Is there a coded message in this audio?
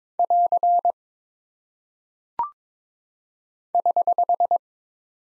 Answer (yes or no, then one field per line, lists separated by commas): yes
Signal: Morse code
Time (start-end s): 0.2-4.6 s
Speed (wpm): 22 wpm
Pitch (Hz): 700 Hz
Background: none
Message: <AR> <HH>